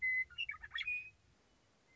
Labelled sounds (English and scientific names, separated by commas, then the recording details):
Western Meadowlark (Sturnella neglecta)
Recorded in Sonoma County, California